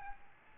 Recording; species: mosquito wingbeat signal from an infrared sensor; Aedes albopictus